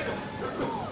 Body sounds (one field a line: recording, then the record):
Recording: coughing mixed with background sound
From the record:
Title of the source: Mid-morning Winter Coughing Fit